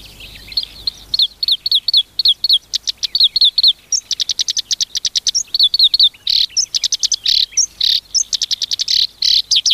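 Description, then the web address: Black-browed reed warbler song, a fast, varied chattering of high harsh notes and sharp chips, with brief buzzy trills mixed in. "sikioto. koyoshikiri"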